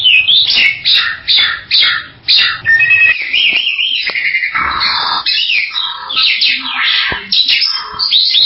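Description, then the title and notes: Bali myna song, a rapid jumble of harsh chattering notes mixed with short whistles and varied phrases. "Jalak Bali 2. Kicau Burung Jalak"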